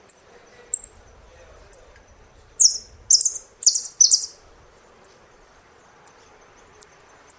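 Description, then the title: Saffron finch song: thin high notes repeated roughly every second surround a cluster of loud, sharp descending chirps. "Jilguero Argentino"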